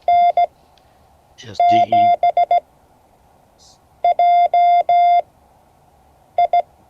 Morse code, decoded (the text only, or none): N7JI